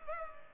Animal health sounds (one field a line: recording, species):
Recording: mosquito wingbeat signal from an infrared sensor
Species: Culex pipiens